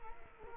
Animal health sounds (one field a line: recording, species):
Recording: mosquito wingbeat signal from an infrared sensor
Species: Culex quinquefasciatus